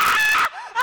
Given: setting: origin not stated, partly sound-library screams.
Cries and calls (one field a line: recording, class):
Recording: one-second piece from a danger detection set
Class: woman in danger